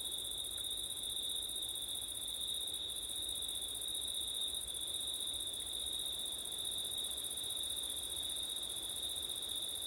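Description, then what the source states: Crickets singing a steady, unbroken high trill in two bands, one shrill and one higher and thinner, over a soft low rumble. Crickets at night in September, with wind; recorded with ORTF stereo setup.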